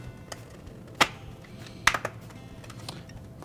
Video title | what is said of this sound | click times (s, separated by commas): Maytag Refrigerator Repair – How to replace the Light Switch | press it in until it snaps into place | 1.9 s